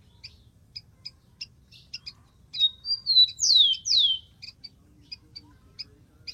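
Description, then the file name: Rufous-collared sparrow song: level whistles leading into two bright downslurs, set against scattered high chip notes. "canto do tico tico"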